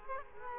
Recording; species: mosquito wingbeat signal from an infrared sensor; Culex quinquefasciatus